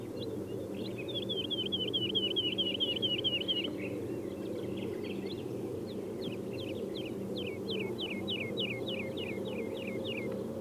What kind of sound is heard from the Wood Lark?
song